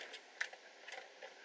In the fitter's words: also has a little tab that clicks in